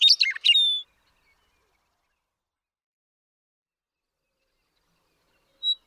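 Western meadowlark song: one quick burst of gurgling, varied notes lasting under a second, then a long silence and a single short note at the end.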